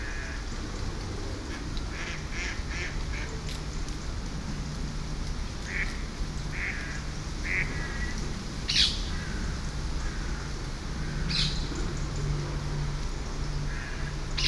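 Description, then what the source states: Parakeets squawking in loud, shrill bursts every few seconds near the end, with softer chirps earlier and a continuous low hum. Parakeets over Hackney Marsh.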